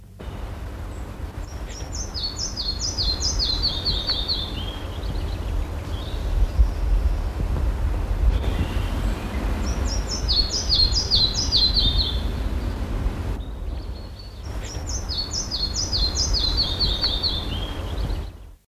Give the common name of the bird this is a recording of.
Red-breasted Flycatcher